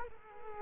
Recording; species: mosquito wingbeat signal from an infrared sensor; Culex quinquefasciatus